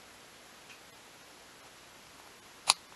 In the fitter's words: you just heard it click.